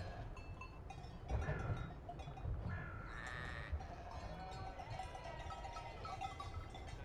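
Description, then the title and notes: Sheep bleating in a dense flock, several wavering calls over knocking, thumping and a constant low rumble. Large flock, lambs included, prepared for transhumance from Valle di Scalve to the Mantua plain and loaded onto trucks; Vilminore, 5 September 2009. "Transumanza a Vilminore. Transumanza, Vilminore 5 settembre 2009 Un grosso gregge viene preparato per essere trasferito dalla Valle di Scalve alla pianura Mantovana"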